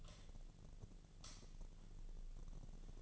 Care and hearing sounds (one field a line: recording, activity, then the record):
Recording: daily activity, microphone in the room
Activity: light on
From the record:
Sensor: 4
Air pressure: 1010.6 hPa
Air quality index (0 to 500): 173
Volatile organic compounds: 5 ppm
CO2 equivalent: 1763 ppm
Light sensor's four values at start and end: 37/106/42/43 and 37/107/43/43